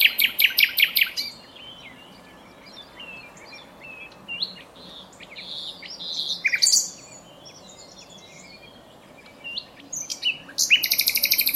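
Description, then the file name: Common nightingale opening with loud, rapid repeated notes, followed by scattered varied chirps and whistles, then another fast rattling trill at the end. "Luscinia megarhynchos"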